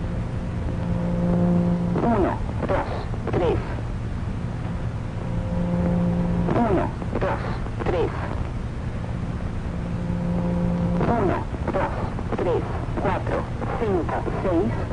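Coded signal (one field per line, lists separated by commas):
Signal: numbers station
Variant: V05, Spanish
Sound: short spoken number groups repeating about every 4.5 seconds over a low hum and noise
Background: radio static, low hum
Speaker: That was V05, also known as the 4F CIA counting station. It was the Spanish equivalent of E05,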